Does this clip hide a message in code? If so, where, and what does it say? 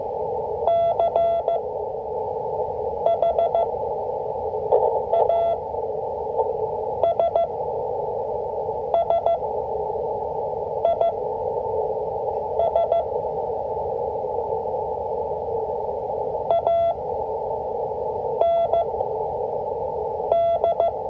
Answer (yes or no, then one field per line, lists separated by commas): yes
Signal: Morse code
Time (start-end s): 0.7-20.9 s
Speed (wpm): 15 wpm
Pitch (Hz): 680 Hz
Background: radio noise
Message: CHASSIS AND